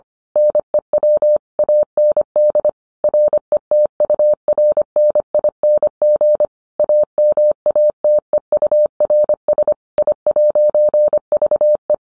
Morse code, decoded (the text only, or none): NEW AND RETURNING AMATEURS I'VE